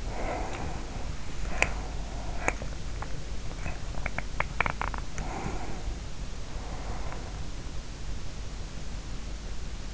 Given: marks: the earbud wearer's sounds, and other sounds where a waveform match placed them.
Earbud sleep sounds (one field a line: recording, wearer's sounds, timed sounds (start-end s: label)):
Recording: sounds in sleep by an in-ear microphone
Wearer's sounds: breath, teeth grinding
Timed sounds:
0.00-2.47 s: breath
1.02-2.26 s: teeth grinding
2.72-5.29 s: teeth grinding
5.29-7.63 s: breath